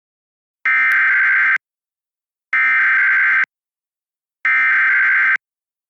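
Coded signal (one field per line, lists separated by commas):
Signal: Emergency Alert System (SAME) tones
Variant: header bursts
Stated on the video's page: Mock Required Monthly Test made on CapCut with a DASDEC template screen and synthetic voice, shown on a VIZIO TV.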